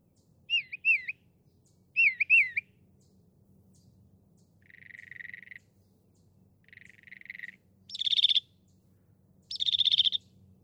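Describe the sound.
Northern mockingbird song switching among types: two twisting whistled phrases, two buzzy notes, then two harsh rasping bursts, each type given twice.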